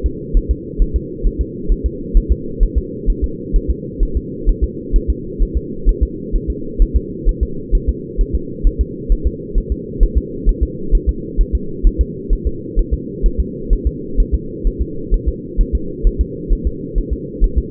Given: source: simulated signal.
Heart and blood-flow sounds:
fetal heart sounds
0.06 s: S2
0.37 s: S1
0.51 s: S2
0.82 s: S1
0.96 s: S2
1.27 s: S1
1.41 s: S2
1.72 s: S1
1.86 s: S2
2.17 s: S1
2.32 s: S2
2.63 s: S1
2.78 s: S2
3.10 s: S1
3.24 s: S2
3.56 s: S1
3.70 s: S2
4.03 s: S1
4.17 s: S2
4.49 s: S1
4.64 s: S2
4.96 s: S1
5.10 s: S2
5.42 s: S1
5.57 s: S2
5.89 s: S1
6.03 s: S2
6.35 s: S1
6.50 s: S2
6.82 s: S1
6.96 s: S2
7.29 s: S1
7.43 s: S2
7.75 s: S1
7.89 s: S2
8.21 s: S1
8.35 s: S2
8.67 s: S1
8.81 s: S2
9.12 s: S1
9.27 s: S2
9.58 s: S1
9.72 s: S2
10.03 s: S1
10.18 s: S2
10.49 s: S1
10.63 s: S2
10.95 s: S1
11.09 s: S2
11.41 s: S1
11.55 s: S2
11.87 s: S1
12.01 s: S2
12.33 s: S1
12.47 s: S2
12.79 s: S1
12.94 s: S2
13.26 s: S1
13.40 s: S2
13.73 s: S1
13.87 s: S2
14.20 s: S1
14.34 s: S2
14.67 s: S1
14.81 s: S2
15.14 s: S1
15.28 s: S2
15.61 s: S1
15.75 s: S2
16.07 s: S1
16.21 s: S2
16.53 s: S1
16.67 s: S2
16.98 s: S1
17.13 s: S2
17.44 s: S1
17.58 s: S2
From the record:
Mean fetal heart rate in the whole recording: 130 bpm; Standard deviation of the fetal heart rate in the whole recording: 2 bpm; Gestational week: 38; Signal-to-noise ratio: -4.3 dB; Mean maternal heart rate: 72 bpm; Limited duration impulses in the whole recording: absent

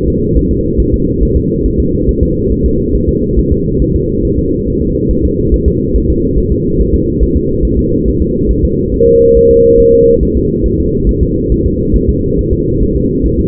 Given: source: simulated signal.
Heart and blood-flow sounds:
fetal heart sounds
0.08 s: S2
0.37 s: S1
0.51 s: S2
0.80 s: S1
0.94 s: S2
1.23 s: S1
1.37 s: S2
1.66 s: S1
1.80 s: S2
2.09 s: S1
2.23 s: S2
2.52 s: S1
2.66 s: S2
2.95 s: S1
3.09 s: S2
3.39 s: S1
3.52 s: S2
3.82 s: S1
3.96 s: S2
4.25 s: S1
4.39 s: S2
4.68 s: S1
4.82 s: S2
5.11 s: S1
5.25 s: S2
5.54 s: S1
5.68 s: S2
5.96 s: S1
6.10 s: S2
6.38 s: S1
6.52 s: S2
6.80 s: S1
6.94 s: S2
7.23 s: S1
7.36 s: S2
7.65 s: S1
7.79 s: S2
8.08 s: S1
8.22 s: S2
8.51 s: S1
8.64 s: S2
8.94 s: S1
9.08 s: S2
9.37 s: S1
9.51 s: S2
9.80 s: S1
9.94 s: S2
10.23 s: S1
10.37 s: S2
10.66 s: S1
10.80 s: S2
11.09 s: S1
11.23 s: S2
11.52 s: S1
11.66 s: S2
11.96 s: S1
12.09 s: S2
12.39 s: S1
12.53 s: S2
12.83 s: S1
12.96 s: S2
13.26 s: S1
13.39 s: S2
From the record:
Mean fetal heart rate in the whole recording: 140 bpm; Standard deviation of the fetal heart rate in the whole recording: 2 bpm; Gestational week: 34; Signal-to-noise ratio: -14.7 dB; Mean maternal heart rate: 72 bpm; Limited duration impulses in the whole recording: present

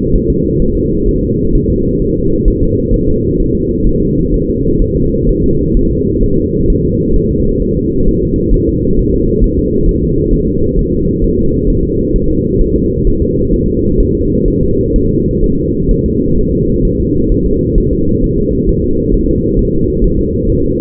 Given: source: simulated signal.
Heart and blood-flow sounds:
fetal heart sounds
0.16 s: S1
0.30 s: S2
0.62 s: S1
0.77 s: S2
1.09 s: S1
1.23 s: S2
1.55 s: S1
1.70 s: S2
2.02 s: S1
2.17 s: S2
2.48 s: S1
2.63 s: S2
2.94 s: S1
3.09 s: S2
3.40 s: S1
3.55 s: S2
3.87 s: S1
4.01 s: S2
4.34 s: S1
4.49 s: S2
4.82 s: S1
4.96 s: S2
5.29 s: S1
5.44 s: S2
5.77 s: S1
5.92 s: S2
6.24 s: S1
6.38 s: S2
6.70 s: S1
6.85 s: S2
7.16 s: S1
7.31 s: S2
7.62 s: S1
7.77 s: S2
8.08 s: S1
8.23 s: S2
8.54 s: S1
8.69 s: S2
8.99 s: S1
9.14 s: S2
9.44 s: S1
9.59 s: S2
9.89 s: S1
10.04 s: S2
10.34 s: S1
10.48 s: S2
10.79 s: S1
10.94 s: S2
11.24 s: S1
11.39 s: S2
11.70 s: S1
11.85 s: S2
12.16 s: S1
12.31 s: S2
12.61 s: S1
12.76 s: S2
13.07 s: S1
13.22 s: S2
13.54 s: S1
13.68 s: S2
14.00 s: S1
14.15 s: S2
14.48 s: S1
14.63 s: S2
14.96 s: S1
15.11 s: S2
15.44 s: S1
15.59 s: S2
15.91 s: S1
16.06 s: S2
16.38 s: S1
16.53 s: S2
16.85 s: S1
17.00 s: S2
17.32 s: S1
17.46 s: S2
17.78 s: S1
17.93 s: S2
18.24 s: S1
18.38 s: S2
18.69 s: S1
18.84 s: S2
19.14 s: S1
19.29 s: S2
19.59 s: S1
19.74 s: S2
20.04 s: S1
20.19 s: S2
20.50 s: S1
20.64 s: S2
From the record:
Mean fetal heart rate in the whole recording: 130 bpm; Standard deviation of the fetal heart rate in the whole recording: 4 bpm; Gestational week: 38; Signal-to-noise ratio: -15.3 dB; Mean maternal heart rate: 72 bpm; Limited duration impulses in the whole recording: present

